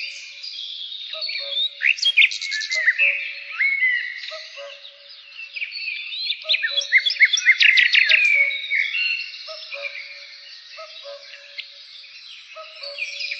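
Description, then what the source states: Pied bushchat song: jumbled high chirps and sweeping notes in bursts, loudest in the middle, with soft low chirps repeating steadily underneath. Therapy sound for birds.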